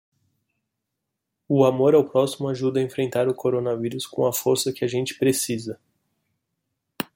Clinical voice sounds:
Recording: spoken sentence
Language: Brazilian Portuguese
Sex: male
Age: 30 to 39 years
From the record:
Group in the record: control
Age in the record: 32 years

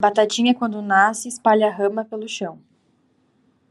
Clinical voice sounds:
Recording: short text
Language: Brazilian Portuguese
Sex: female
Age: 20 to 29 years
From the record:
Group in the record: control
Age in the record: 21 years

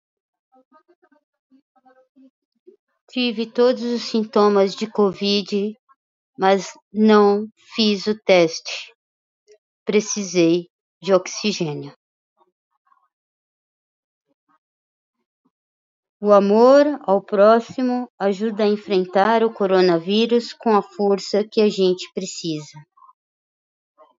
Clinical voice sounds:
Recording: spoken sentence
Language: Brazilian Portuguese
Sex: female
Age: 50 to 59 years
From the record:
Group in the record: control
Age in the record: 52 years

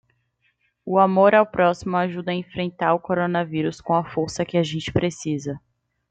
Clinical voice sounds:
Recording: spoken sentence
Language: Brazilian Portuguese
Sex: female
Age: 20 to 29 years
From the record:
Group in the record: control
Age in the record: 20 years

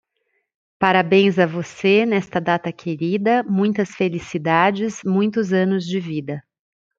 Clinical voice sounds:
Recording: short text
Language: Brazilian Portuguese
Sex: female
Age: 40 to 49 years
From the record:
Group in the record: control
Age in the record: 48 years

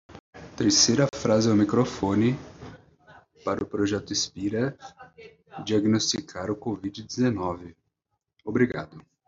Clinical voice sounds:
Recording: short text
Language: Brazilian Portuguese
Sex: male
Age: 30 to 39 years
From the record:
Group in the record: control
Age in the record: 33 years

